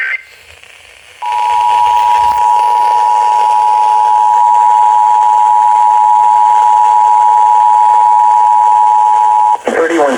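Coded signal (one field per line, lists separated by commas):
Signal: Emergency Alert System (SAME) tones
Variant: 853 and 960 Hz attention tone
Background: speech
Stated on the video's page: SAME tones of a Severe Thunderstorm Warning on weather radio WXL58 and radio station WUNC-FM.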